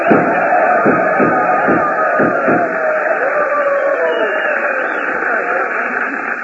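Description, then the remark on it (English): A mock Western reception on a comedy radio show: a quick volley of about six sharp gunshots cracks over a roaring crowd of cheers and applause, the shots stopping after a few seconds while the cheering carries on steadily, with a thin, old-radio tone. “Well, how's that for an ovation, Jackson? Gunshots and everything.”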